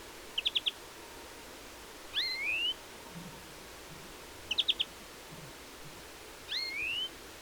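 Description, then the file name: European greenfinch alternating rapid four-note chatters with rising, whistled double-toned calls, each pair repeated twice over several seconds. "Chloris chloris"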